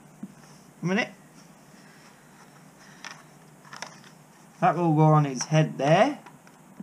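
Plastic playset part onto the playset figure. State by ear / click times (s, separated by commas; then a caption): not seated / none. A plastic part of the Hot Wheels Monster Jam Pirate Takedown Captain's Curse toy playset is handled and positioned to go onto the figure's head, with a few faint handling taps around 3.1 and 3.8 seconds while someone talks. Nothing has seated or clicked into place yet.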